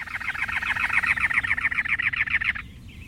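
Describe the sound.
Cactus wren song: a harsh, raspy chugging series of rapid repeated notes for over two seconds, then stopping abruptly.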